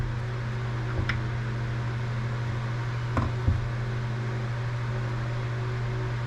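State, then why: Not seated. A small internal part, possibly a snap ring, is pushed into the metal bore of a 2021 Yamaha R1's front brake master cylinder over a steady low hum. Brief sharp metallic taps come at about 1.1 s and 3.2 s, with a softer knock just after. The part goes down into the bore but has not seated or clicked into place yet.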